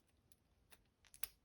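The quick-release spring bar of a sailcloth watch strap is fitted into the watch case lug on one side, then the other side is pushed in, with a few faint small ticks along the way. A sharp, bright click at 1.2 s marks the spring bar snapping into the lug, and the strap is seated.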